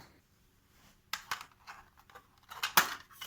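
A plastic rear cover is pulled off a game console dock, and it unclips with sharp snaps at 1.1 s and 2.8 s, along with a few softer clicks and rattles in between. The cover comes free as designed, made to clip on and off, with nothing broken.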